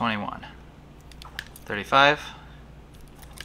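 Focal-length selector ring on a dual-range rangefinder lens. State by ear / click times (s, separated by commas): seated / 1.4 s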